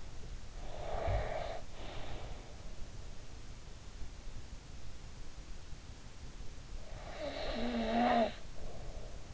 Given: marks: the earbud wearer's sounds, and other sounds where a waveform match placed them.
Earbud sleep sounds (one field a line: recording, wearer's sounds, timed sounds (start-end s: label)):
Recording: sounds in sleep by an in-ear microphone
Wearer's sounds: breath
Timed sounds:
0.65-2.66 s: breath
6.76-9.34 s: breath